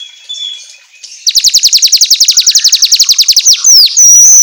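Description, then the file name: Asian golden weaver song: a fast, even rattle of high chipping notes for about two seconds, then a few thin whistled notes. Manyar kepala emas singing energetically (auto gacor). "Suara Kicau Manyar Kepala Emas Auto Gacor"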